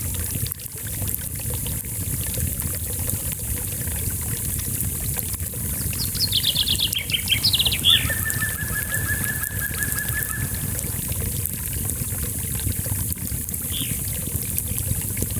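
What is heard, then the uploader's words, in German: A small brook trickles and murmurs steadily throughout, even, with a low rumble underneath. Around six seconds a bird sings a descending trill that settles into a level, drawn-out note lasting until about eleven seconds; a brief call follows near fourteen seconds. Natur - Götterpfad, Amalfiküste.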